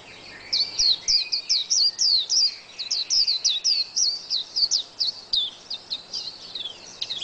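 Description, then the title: White-eye song, a rapid run of high, thin twittering notes, about three per second, with short pauses between bursts. "Pleci. Burung"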